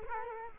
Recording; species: mosquito wingbeat signal from an infrared sensor; Culex quinquefasciatus